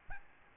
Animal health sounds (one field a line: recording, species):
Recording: mosquito wingbeat signal from an infrared sensor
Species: Aedes albopictus